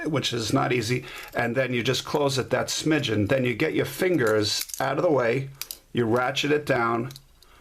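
Someone talks while closing a large folding knife after releasing its lock, ratcheting the steel blade down toward its handle. Faint handling sounds accompany the speech, and nothing has snapped into the closed position yet.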